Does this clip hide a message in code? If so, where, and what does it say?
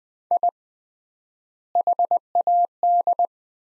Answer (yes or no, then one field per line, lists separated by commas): yes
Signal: Morse code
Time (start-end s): 0.3-3.3 s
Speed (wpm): 20 wpm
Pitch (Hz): 700 Hz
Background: none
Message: I HAD